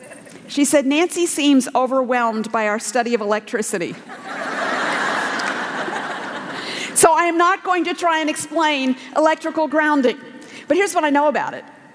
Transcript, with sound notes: She said, “Nancy seems overwhelmed by our study of electricity.” (laughter) So I am not going to try to explain electrical grounding. But here’s what I know about it: